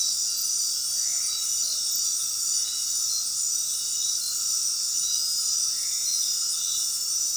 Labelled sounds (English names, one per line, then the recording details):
none
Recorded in dense forest near Puerto Asís, Putumayo, Colombia, on 19 February 2024 at 19:30
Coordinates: 0.466, -76.327
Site G6413